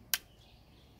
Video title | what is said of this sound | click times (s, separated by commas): How Easy Is It To Fly This Apache Helicopter by DeeRC? Really Easy... | And then you want to push it up till you hear it click in place. | 0.1 s